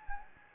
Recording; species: mosquito wingbeat signal from an infrared sensor; Anopheles gambiae